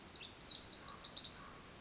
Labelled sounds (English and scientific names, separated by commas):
Pacific Wren (Troglodytes pacificus)